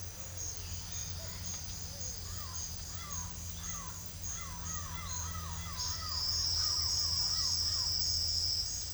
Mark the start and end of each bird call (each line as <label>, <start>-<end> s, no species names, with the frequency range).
bird call (0.6-3.7 kHz), 2.29-7.88 s